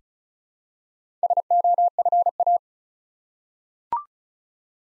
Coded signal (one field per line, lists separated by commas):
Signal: Morse code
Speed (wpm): 36 wpm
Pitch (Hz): 700 Hz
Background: none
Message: SOFA